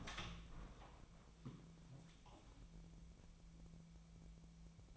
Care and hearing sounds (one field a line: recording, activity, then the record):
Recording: daily activity, microphone in the room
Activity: open door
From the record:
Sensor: 1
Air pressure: 1000.5 hPa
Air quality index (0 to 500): 181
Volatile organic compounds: 4 ppm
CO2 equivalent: 1670 ppm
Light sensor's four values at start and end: 12/30/12/14 and 12/30/12/14